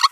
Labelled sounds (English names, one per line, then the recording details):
Green-rumped Parrotlet babbling
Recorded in a nest box in Venezuela
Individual 18B25A3